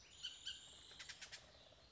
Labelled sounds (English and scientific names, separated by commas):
Bullock's Oriole (Icterus bullockii)